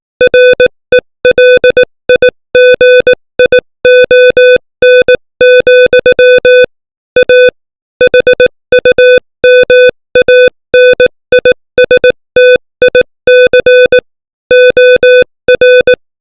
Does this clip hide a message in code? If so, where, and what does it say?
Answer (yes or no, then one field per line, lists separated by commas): yes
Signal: Morse code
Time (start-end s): 0.2-15.9 s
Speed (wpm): 18 wpm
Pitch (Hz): 500 Hz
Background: music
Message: RELIGION, A HUMANISTIC OR